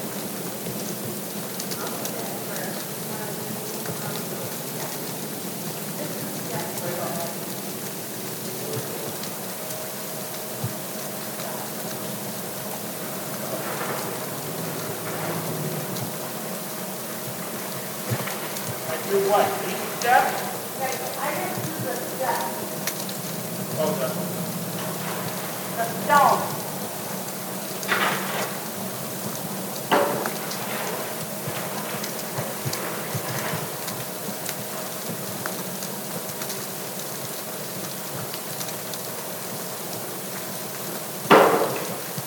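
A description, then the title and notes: Snow falls gently on the deck of a cabin, a soft, steady hiss with a low rumble beneath it. A faint, even hum runs from about ten seconds onward, and scattered light taps and ticks land every few seconds, with a sharper knock near the end. A Snowy Cabin (Black Bear Lodge in Baldwin, MI). Gently falling snow outside of a cozy remote cabin. It was recorded with my my Sound Devices MixPre 6 and used both my Sennheiser MKH 416 shotgun mic. Snow gently falling on the deck of the cabin.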